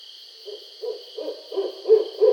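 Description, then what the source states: Barred owl giving a series of low hoots, growing louder over the last second, over a steady high-pitched drone. Recorded 2012-07-20.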